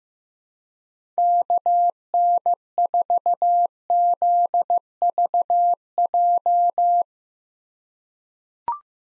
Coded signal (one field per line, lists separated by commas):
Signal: Morse code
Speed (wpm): 16 wpm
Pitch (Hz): 700 Hz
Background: none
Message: KN4ZVJ